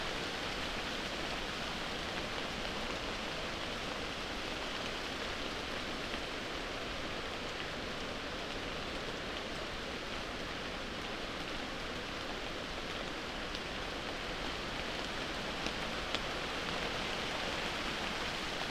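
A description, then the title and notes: Raindrops fall and sprinkle over wide, waxy leaves in a dense, steady hiss that holds level for the whole stretch. The patter is fine and even, strongest in the middle and upper range, with a soft low rumble beneath and a few faint, brighter ticks near the end. An hour under moorland trees (rainy and sleep safe). The flurries of rain. Blowing and sprinkling the falling raindrops over wide, waxy, sheltering leaves.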